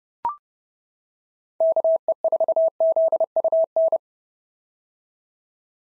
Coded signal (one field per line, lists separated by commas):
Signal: Morse code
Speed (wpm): 32 wpm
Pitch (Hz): 650 Hz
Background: none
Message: KE4ZUN